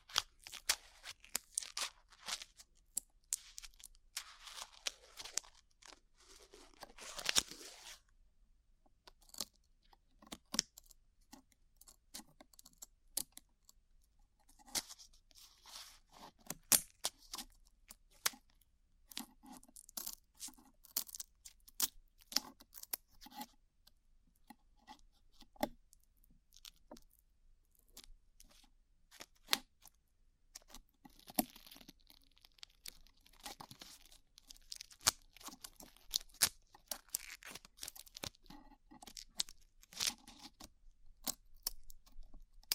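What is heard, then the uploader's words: Glue being peeled off skin makes a dense run of small sticky crackles and tearing clicks that keeps going for the whole clip. The sounds are bright and uneven, with busier bursts near the start and again around the middle and end, and a low steady hum underneath. ASMR Peeling Glue Off Your Ears (No Talking).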